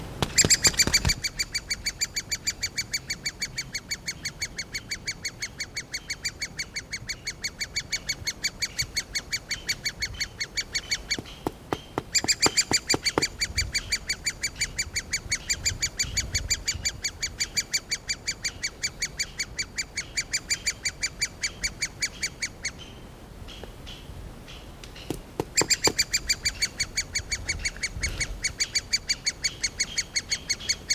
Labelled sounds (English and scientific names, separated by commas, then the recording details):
Great Spotted Woodpecker (Dendrocopos major) call
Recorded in the wild
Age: juvenile
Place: Mühlenbecker Wald, Brandenburg, DE
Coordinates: 52.6833, 13.4
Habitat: forest
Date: 1988-06-04 11:44
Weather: bedeckt, 18-20°C, Wind
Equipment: Nagra SN, Kopie Tesla B 116
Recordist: Tembrock, Günter